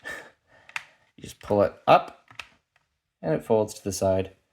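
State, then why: Not seated. Someone talks while a 3D-printed skeletonized folding buffer tube on a rifle receiver adapter is handled, pulled up and swung to the side toward its folding latch, with a few brief handling taps between the words. Nothing has seated or locked yet.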